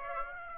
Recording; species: mosquito wingbeat signal from an infrared sensor; Aedes aegypti